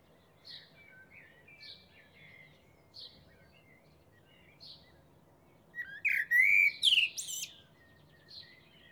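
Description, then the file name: Common blackbird song: a few soft brief notes, then a loud fluty phrase closing in a thin, high chattering flourish. "Turdus merula"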